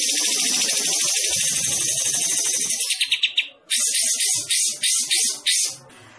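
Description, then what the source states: Bulbul song: a continuous harsh, high-pitched twittering that breaks into short pulsed notes, then several loud buzzy bursts. Described as gacor, singing actively.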